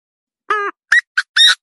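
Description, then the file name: Partridge giving a nasal note followed by three quick, harsh squawks in under a second. "Tieng ga go"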